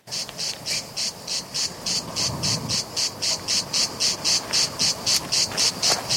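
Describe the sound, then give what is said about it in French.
A cicada sings in steady, rapid pulses, a bright buzzing chirr repeating about three times a second without pause, loud over a faint low background hum. “La cigale, dès qu'elle sent votre présence, elle s'arrête de chanter. Alors tu peux toujours courir pour la rattraper. Alors le secret, c'est qu'elle s'habitue à vous et qu'elle recommence à chanter.”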